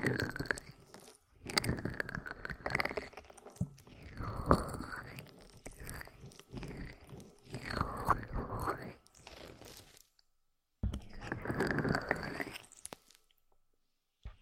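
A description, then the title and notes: Squishy, wet rubbing of aloe during an ear massage comes in long strokes of a few seconds each, with crackly, sticky texture and sweeping rises and falls in pitch. Brief pauses separate the strokes, including a full silence near ten seconds before a final pass. ASMR Aloe Ear Massage For Deepest Sleep in Your Life (No Talking).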